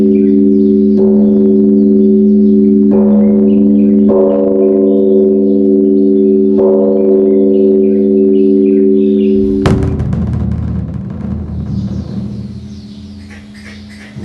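A temple bell hums steadily, struck again every few seconds, then a heavy thud near ten seconds leaves a rumbling fade with faint high chirps.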